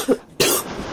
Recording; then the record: coughing mixed with background sound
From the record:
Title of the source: 30 Chesty and wet cough